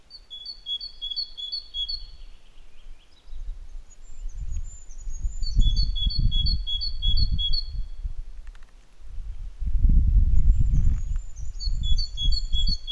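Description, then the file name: Great tit song in bursts of rapid see-saw two-note phrases, pausing and resuming, over heavy low rumbling noise and faint high notes from another bird. "Parus major"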